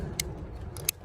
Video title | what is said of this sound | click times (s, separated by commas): 2019 Tiguan Highline wiper blades | and it clicks. You should hear a click, and then the cover basically | 0.9 s